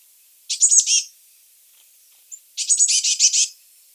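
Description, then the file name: Eurasian blue tit gives a short buzzy churr, then after a pause a longer rattling burst of quick high notes. "Cyanistes caeruleus"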